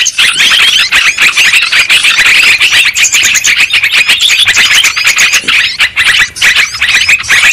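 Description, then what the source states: Lovebird calls: rapid, high-pitched twittering and squeaky chirps from several birds, loud and nearly continuous. Lure recording played to attract and trap lovebirds.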